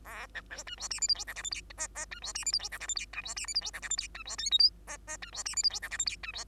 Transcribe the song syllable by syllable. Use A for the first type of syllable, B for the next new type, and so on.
A B C D E F G H I J K L M N N D E F G H I J K L M D E F G H I J K L M D E O P Q N N D E F G H I J K L M D E